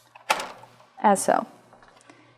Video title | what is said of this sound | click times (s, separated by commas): Configurando o Titulador TitroLine 7000 SI Analytics – Marte Científica | before you click it into place | 0.3 s